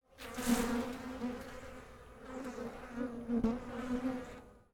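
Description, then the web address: Insect buzzing, a droning harmonic hum that swells and fades over about four and a half seconds, louder near the start and again around three and a half seconds. "Soundfx IV. General Insects"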